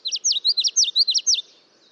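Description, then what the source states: Common Yellowthroat song: a rapid series of repeated high swooping notes, then quiet. Song remembered as 'witchetty, witchetty, witchetty'; in the breeding season males may repeat it 300 times an hour.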